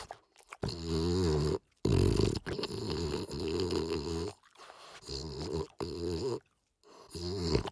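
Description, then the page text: French Bulldog snorting in a sequence of long, raspy, rattling breaths separated by short silent gaps. "French Bulldog Snort Sequence. Quick Sounds"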